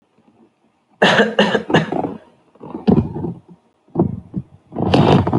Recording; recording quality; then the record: shallow voluntary cough; moderate, slight background noise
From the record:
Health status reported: healthy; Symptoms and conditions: none ticked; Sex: male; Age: 27 years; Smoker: yes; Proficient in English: yes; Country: India